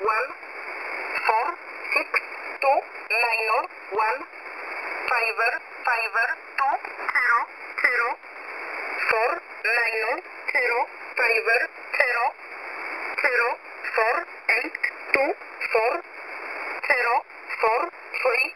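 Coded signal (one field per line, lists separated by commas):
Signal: numbers station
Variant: E11a Oblique, English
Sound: a voice reading strings of single digits in English, evenly spaced, over radio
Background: radio static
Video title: E11a Message 17/07/2023 0900 UTC 9052kHz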